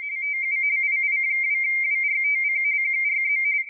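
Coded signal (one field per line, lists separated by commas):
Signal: RTTY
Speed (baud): 45.45 baud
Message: TU II2WRTC QRZ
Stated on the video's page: RTTY sent live from a CW paddle through a Winkeyer USB into an Icom IC-705, without a computer.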